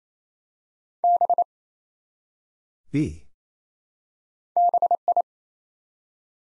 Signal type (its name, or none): Morse code